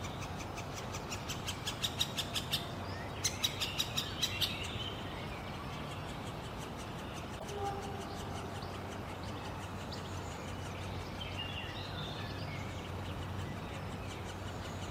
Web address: SREDNJI DETEL mladič 2022-06-02 LJUBLJANA Krajinski park Tivoli Dendrocopos medius